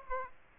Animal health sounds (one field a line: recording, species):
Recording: mosquito wingbeat signal from an infrared sensor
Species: Aedes aegypti